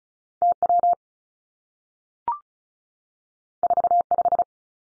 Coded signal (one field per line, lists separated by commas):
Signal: Morse code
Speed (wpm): 36 wpm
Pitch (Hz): 700 Hz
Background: none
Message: T W 4 5